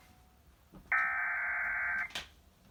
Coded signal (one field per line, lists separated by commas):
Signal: Emergency Alert System (SAME) tones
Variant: header bursts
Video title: SVR #7 on KHQ-DT (EAS #1077)